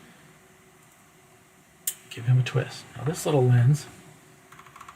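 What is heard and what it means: A camera lens is lined up green mark to green mark with a bayonet mount adapter and twisted onto it. A single sharp click sounds at 1.9 s as the lens locks onto the mount, followed by someone talking and a few light ticks near the end.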